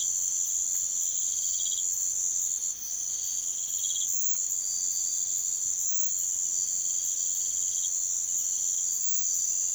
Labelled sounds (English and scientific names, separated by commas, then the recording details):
none
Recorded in pastures near Puerto Asís, Putumayo, Colombia, on 28 February 2025 at 05:30
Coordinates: 0.505, -76.324
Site GP08